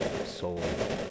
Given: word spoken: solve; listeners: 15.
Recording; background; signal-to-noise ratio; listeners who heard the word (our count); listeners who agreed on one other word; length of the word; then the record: one English word in noise, from a listening test; noise modulated by three-talker babble; -3.1 dB; 2 of 15; 9 of 15; 0.70 s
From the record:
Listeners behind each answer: 9, 2, 2, 2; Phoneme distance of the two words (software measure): 17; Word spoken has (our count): 1 syllable, 4 phonemes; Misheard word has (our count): 1 syllable, 3 phonemes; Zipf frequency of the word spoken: 4.30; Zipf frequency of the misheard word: 4.53